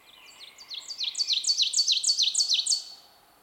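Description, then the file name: Ovenbird song, a high chanted series of paired notes repeated rapidly, swelling steadily louder before stopping abruptly. "Seiurus aurocapilla - Ovenbird"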